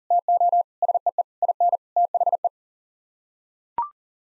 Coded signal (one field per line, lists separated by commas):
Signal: Morse code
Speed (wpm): 40 wpm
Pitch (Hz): 700 Hz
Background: none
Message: TO SEE IN THE